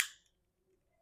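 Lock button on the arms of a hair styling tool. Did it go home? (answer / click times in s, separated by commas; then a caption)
yes / 0.0 s. The two arms of a rose-gold 3-in-1 hair styler (straightener, curler and crimper) are pressed together and its lock button is engaged, locking both sides. A single sharp plastic snap sounds at 0.0 s, with a bright high-frequency burst that fades within about 0.2 s into near silence. The styler locks shut.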